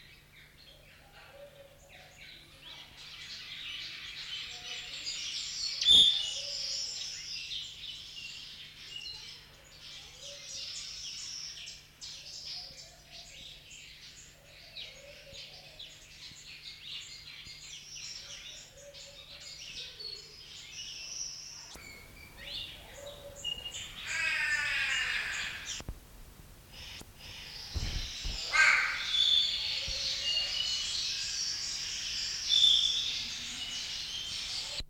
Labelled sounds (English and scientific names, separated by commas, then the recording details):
Scarlet-headed Blackbird (Amblyramphus holosericeus) call
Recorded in captivity
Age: adult
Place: Zoo Berlin, Berlin, DE
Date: 1994-02-05
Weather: heiter bis wolkig, 0°C, Wind
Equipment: Marantz CP 430, Sennheiser MKH 416 T, Kopie Uher Variocord 263
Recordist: Tembrock, Günter